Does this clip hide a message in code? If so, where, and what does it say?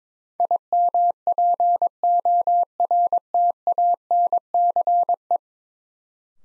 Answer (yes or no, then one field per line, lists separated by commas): yes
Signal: Morse code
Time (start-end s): 0.4-5.4 s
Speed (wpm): 22 wpm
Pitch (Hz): 700 Hz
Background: none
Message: IMPORTANCE